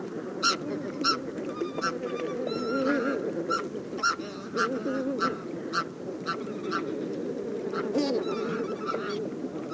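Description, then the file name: Pink-footed goose: a flock, with sharp high honks repeated often over a constant low gabble of many other geese. "KORTNEBBGAAS"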